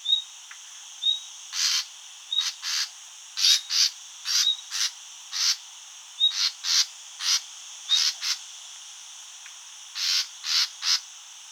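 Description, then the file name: Common nightingale calls: a busy series of short, harsh, rasping bursts, often in pairs, with a few thin high whistles between them and a constant high hiss behind. "Luscinia megarhynchos"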